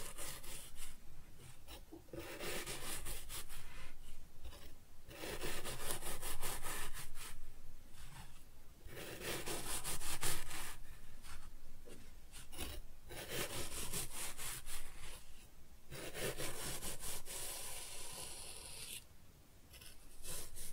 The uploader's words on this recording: ASMR Kinetic Sand Cutting and Scooping Sounds (No Talking).